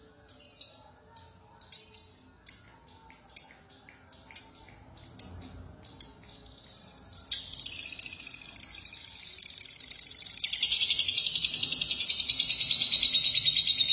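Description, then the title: Lovebird calls and song: seven short sharp chirps spaced about a second apart, then a sustained shrill buzzy chatter that grows louder. "Suara Burung Lovebird"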